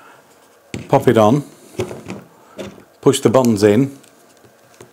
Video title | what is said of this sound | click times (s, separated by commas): AndyCine Claw Quick Release Plate Review | it's locked. It's now locked into place. | 4.8 s